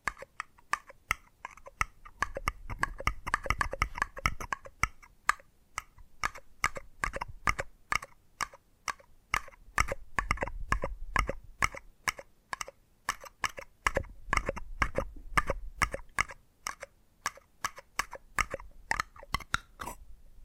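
Tapping triggers run throughout: quick, crisp taps repeating at a brisk, fairly regular pace across all twenty seconds. Each tap is short and bright, landing over a soft, low rumble that swells and fades in stretches. Dense bursts cluster around three to five seconds and again near ten.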